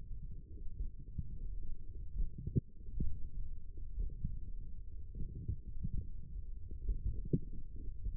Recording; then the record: forearm muscle sounds (acoustic myography)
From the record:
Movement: forearm supination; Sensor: system 1, eight BSWA MPA416 microphones around the upper forearm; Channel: 2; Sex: male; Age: 42 years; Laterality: right